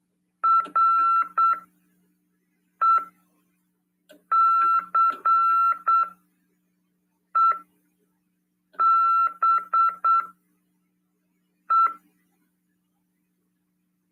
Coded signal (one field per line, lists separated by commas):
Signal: Morse code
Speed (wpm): 8 wpm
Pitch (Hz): 1340 Hz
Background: none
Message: RECEBE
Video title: RADIOAMADOR 30/12/2022 PY2EXU PAULO...continuando